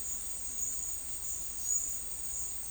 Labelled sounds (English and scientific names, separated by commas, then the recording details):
none
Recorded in secondary vegetation near Puerto Asís, Putumayo, Colombia, on 19 March 2025 at 11:00
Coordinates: 0.499, -76.323
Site G094